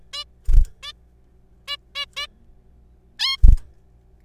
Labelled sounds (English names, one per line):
Zebra Finch